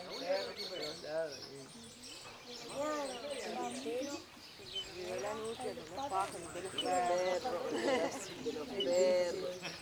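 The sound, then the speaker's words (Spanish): Birds sing and chatter steadily for about ten seconds at the Laguna de Rocha, with overlapping rising and falling chirps that swell slightly louder toward the end. “perros, el sonido del agua, la hornera, un auto también, los patos, el agua, una avioneta, los pájaros, un perro, la cama del monte, donde se escuchó también.”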